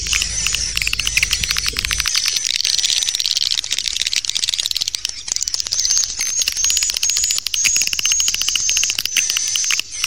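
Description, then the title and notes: Swiftlet calls, rapid dry clicking woven through high chirping, with a low hum in the first two seconds and a thin tone later. Swiftlet sound used for swiftlet farming in Asia. "Swiflet Bird Sound. Farming Swiflet Bird asia sound"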